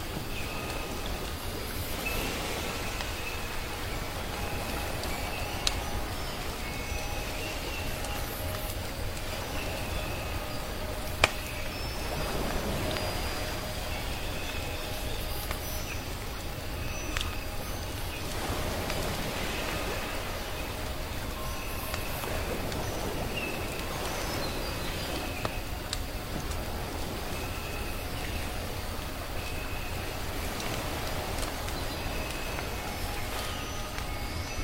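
Soft waves make a steady, even wash that never rises or falls, with a low rumble underneath. A few sharp pops of firewood crack out around five and eleven seconds. Faint, thin tones hang above the wash throughout, possibly distant birdsong.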